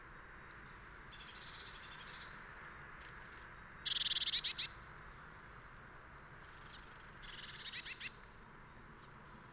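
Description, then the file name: Eurasian blue tit giving one loud burst of fast, harsh, high notes midway, surrounded by softer scattered chips and thin twittering. "Cyanistes caeruleus"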